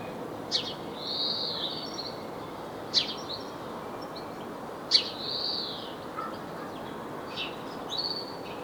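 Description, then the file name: House sparrow chirps, a few drawn-out harsh notes among sharp ticks, spaced a couple of seconds apart, with steady background noise. "Passer domesticus"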